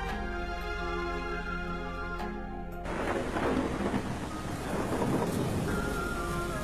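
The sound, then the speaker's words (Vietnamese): A sustained tonal drone gives way to a sudden thunderstorm over a village: loud, steady rain roaring with deep thunder rumbling and gusting wind, continuous to the end with no voices. “Trên bầu trời lúc ấy bắt đầu cuồn cuộn mưa gió.”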